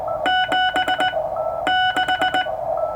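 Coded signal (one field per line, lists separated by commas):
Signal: Morse code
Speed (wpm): 19 wpm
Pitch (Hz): 1480 Hz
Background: none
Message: 7 6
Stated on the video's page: Straight Key Night QSO sent on a German Junker straight key with a 1977 Ten-Tec Century/21 CW-only Novice rig at 15 watts.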